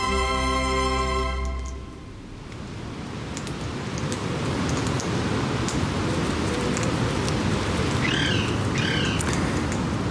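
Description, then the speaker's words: Rose-ringed parakeets feeding: dense crackling and popping of berries throughout, with two short harsh calls near the end. A brief burst of music fades out at the start. Several rose-ringed parakeets eating small berries in a park in Amsterdam, Netherlands; their creaking calls and the popping of the berries are heard. "De halsbandparkieten verraden zich al met hun geknerp. Maar u hoort het ploppen van besjes, etende halsbandparkieten."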